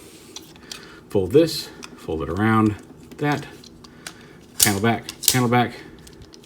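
A plastic panel on a Perfect Effect PE-DX10 Jetforce Revive Commander transforming robot toy is folded back against the body while someone talks. Light plastic taps and clicks from handling come between the words. Nothing has snapped into place yet.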